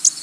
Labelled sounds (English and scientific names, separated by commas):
Canada Warbler (Cardellina canadensis) flight call